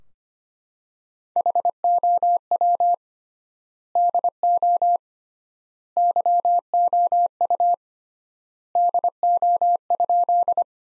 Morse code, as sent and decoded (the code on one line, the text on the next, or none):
.... --- .-- / -.. --- / -.-- --- ..- / -.. --- ..--..
HOW DO YOU DO?